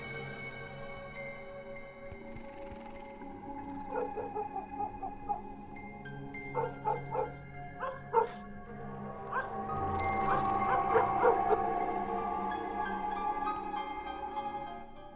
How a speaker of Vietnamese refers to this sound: Tiếng chó cắn ma cứ nhấm nhằng từ đầu ấp đến cuối ấp.